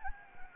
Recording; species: mosquito wingbeat signal from an infrared sensor; Anopheles gambiae